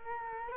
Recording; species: mosquito wingbeat signal from an infrared sensor; Culex quinquefasciatus